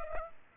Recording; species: mosquito wingbeat signal from an infrared sensor; Culex pipiens